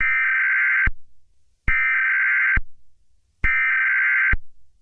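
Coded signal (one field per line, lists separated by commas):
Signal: Emergency Alert System (SAME) tones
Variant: header bursts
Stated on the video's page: Fictional EAS mock for SCP-682, made with Movie Studio Platinum and Audacity using EAS alert sound effects and text-to-speech voice.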